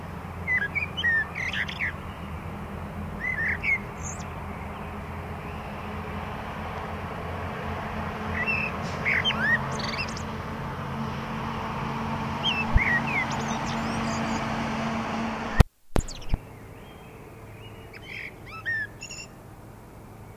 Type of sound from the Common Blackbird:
song